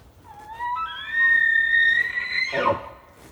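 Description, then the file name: Elk bugle: a whistle climbs in steps to a long piercing high note, then drops into a harsh grating squeal before falling quiet. Bull; recorded 18 October 2015. "Elk Bulland Cows 20151018"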